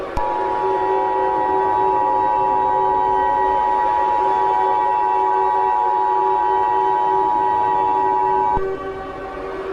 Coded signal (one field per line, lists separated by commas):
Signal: Emergency Alert System (SAME) tones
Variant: 853 and 960 Hz attention tone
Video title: EAS Scenario #1: The Green Virus